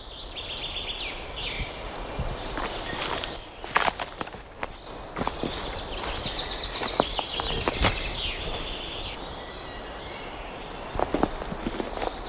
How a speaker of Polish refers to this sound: Kroki, ptaki, wiatr smaga nam poliki. Dzisiaj będziemy rozmawiać i ruszymy do tego wyjątkowego lasu, tego najbardziej wyjątkowego lasu w Europie.